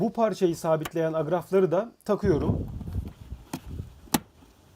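Someone talks while plastic push-in retaining clips are pressed into the windshield cowl trim panel of a Renault Megane 2 to fix it in place. Two sharp clicks follow at 3.5 s and 4.1 s as the clips seat.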